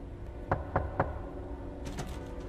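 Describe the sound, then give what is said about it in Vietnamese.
Three evenly spaced knocks on the main door of a house, sharp and fairly loud over a low steady hum, followed by a brief softer rattle or scrape. “phải tự mình bước những bước chân nặng trĩu về phía cánh cửa chính để mở ra xem có ai đang gõ cửa.”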